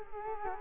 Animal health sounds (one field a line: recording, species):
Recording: mosquito wingbeat signal from an infrared sensor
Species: Culex quinquefasciatus